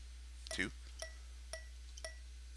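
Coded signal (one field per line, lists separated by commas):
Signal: tap code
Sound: four clinking taps about half a second apart, the first blurred by a short voice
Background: low electrical hum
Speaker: the word that it sent me is zebra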